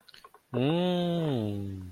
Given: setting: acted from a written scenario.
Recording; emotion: vocal sound without words; desire